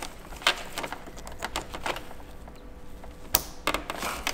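A component of a Samsung Hauzen Smart stand-type air conditioner is pressed into its housing during reassembly after cleaning. Soft knocks and handling taps are heard, then a sharp, very short click at 3.4 s as it snaps into place. The part is seated.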